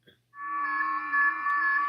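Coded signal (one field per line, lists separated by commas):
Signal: FT8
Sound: many overlapping steady whistling tones forming a dense chord, some shifting pitch slightly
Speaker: me turn it up and let you listen to it that's the mixture are all those signals that's a mixture of all the signals that go out there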